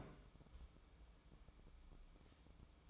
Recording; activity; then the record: daily activity, microphone in the room; place on stove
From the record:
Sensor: 1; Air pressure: 1008.1 hPa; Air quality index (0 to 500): 129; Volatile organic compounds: 2 ppm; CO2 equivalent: 1089 ppm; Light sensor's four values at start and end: 8/18/7/8 and 8/18/7/8